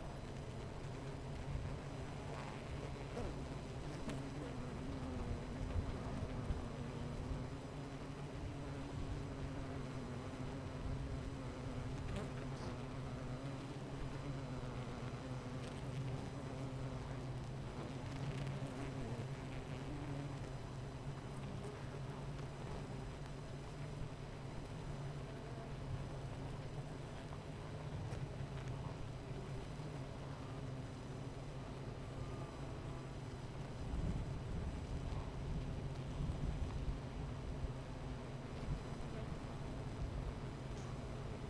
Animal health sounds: honeybee colony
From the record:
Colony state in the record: missing queen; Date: 14 July 2017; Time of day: 10:52

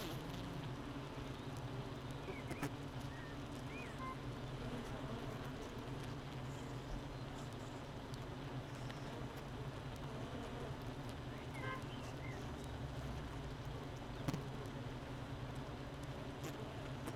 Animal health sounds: honeybee colony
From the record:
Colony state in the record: missing queen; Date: 31 May 2018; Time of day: 7:44

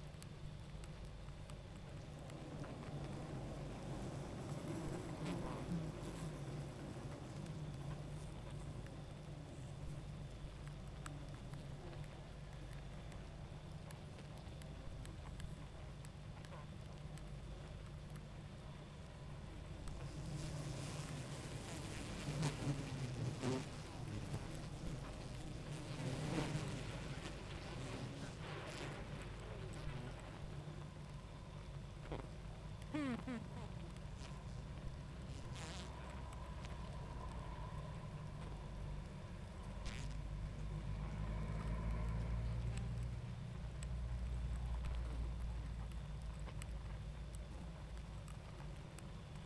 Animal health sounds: honeybee colony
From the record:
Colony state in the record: active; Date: 28 July 2017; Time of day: 21:20

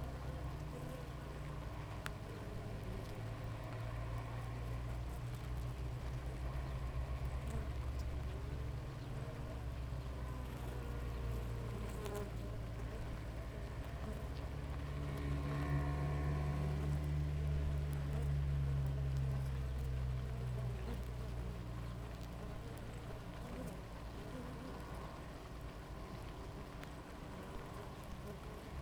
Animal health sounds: honeybee colony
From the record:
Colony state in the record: active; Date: 28 July 2017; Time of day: 6:47

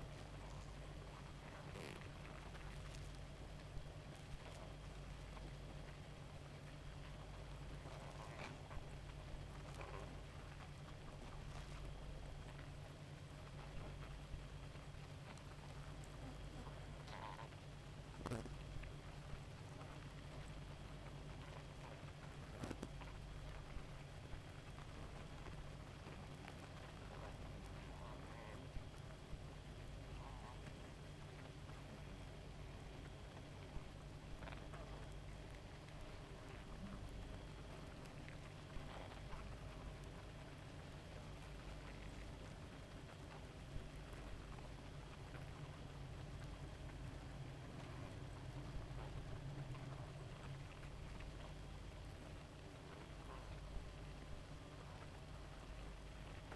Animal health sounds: honeybee colony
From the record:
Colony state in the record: active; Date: 28 July 2017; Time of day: 0:51

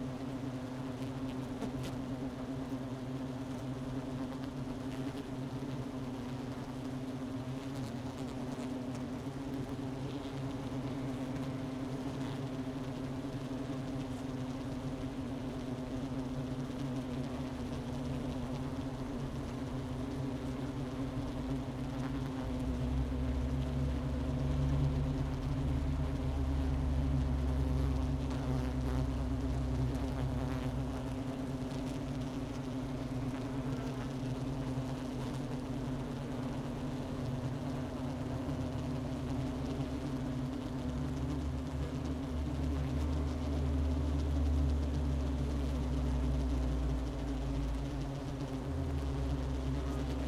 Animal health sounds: honeybee colony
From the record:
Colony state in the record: missing queen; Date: 31 May 2018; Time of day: 11:44

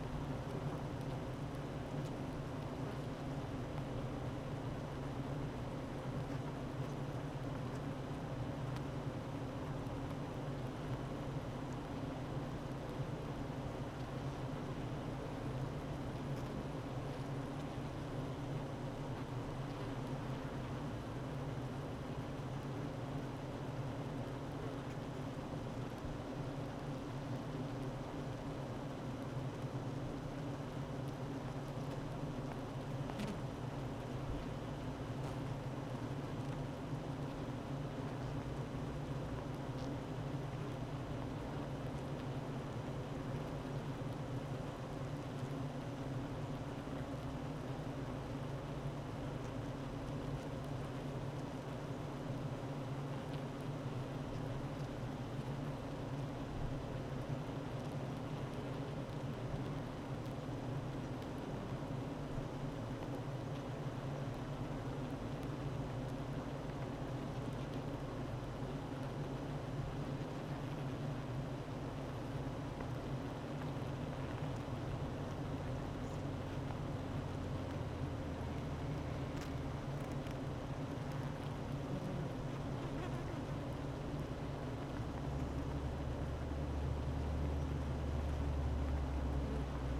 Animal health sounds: honeybee colony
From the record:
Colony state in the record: active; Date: 12 June 2018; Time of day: 9:10

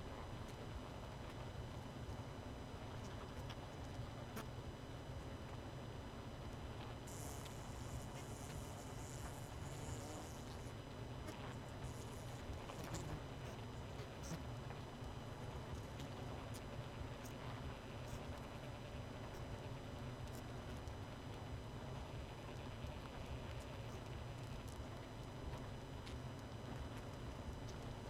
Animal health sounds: honeybee colony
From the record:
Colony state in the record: missing queen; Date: 31 May 2018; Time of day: 20:03

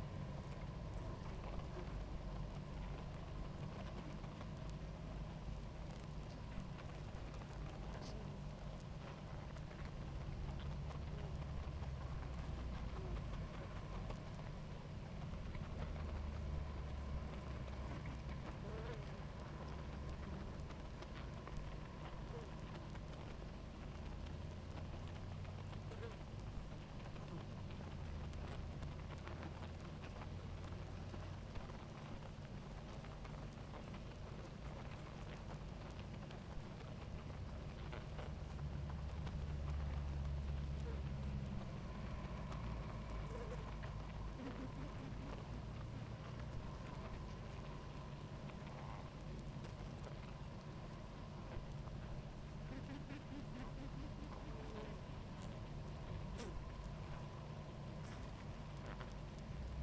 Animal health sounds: honeybee colony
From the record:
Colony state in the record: active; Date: 28 July 2017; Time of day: 18:12

